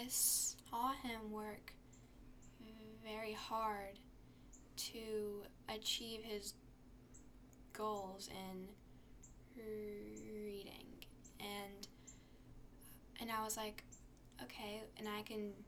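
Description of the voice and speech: A 13-year-old girl speaks in broken phrases, with stretched opening sounds, a repeated 'r', and silent gaps of over a second in mid-sentence. These are prolongations, a repetition and blocks, the disfluencies of stuttering, a speech fluency disorder.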